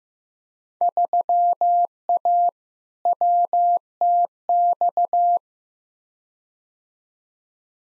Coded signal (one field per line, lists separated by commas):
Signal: Morse code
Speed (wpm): 15 wpm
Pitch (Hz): 700 Hz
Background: none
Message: 3A WTX